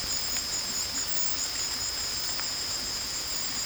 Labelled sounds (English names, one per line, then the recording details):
none
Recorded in secondary vegetation near Puerto Asís, Putumayo, Colombia, on 22 December 2024 at 19:30
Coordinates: 0.468, -76.324
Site G095